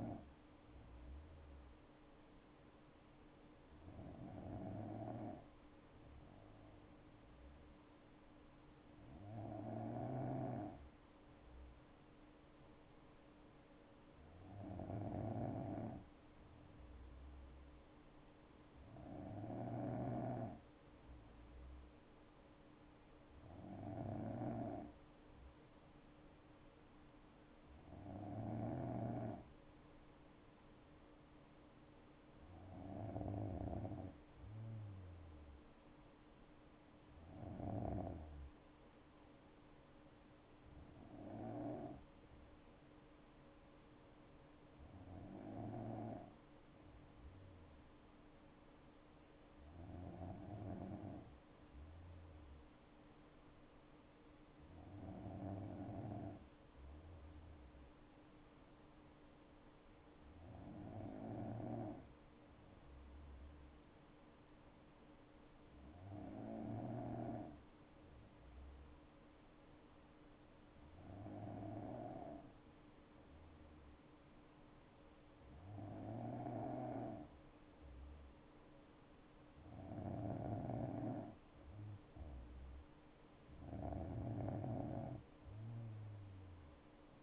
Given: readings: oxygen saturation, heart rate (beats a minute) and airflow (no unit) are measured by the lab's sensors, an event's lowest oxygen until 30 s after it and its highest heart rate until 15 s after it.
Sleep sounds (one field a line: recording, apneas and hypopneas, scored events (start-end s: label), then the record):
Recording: breathing in sleep by a voice recorder at the bedside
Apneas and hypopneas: none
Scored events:
none scored
From the record:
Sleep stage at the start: N2 (light sleep)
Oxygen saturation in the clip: 93 to 95%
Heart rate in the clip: 60 to 74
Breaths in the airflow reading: 19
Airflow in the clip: -8.0 to 7.9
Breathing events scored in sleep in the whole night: 228 in 5.4 hours asleep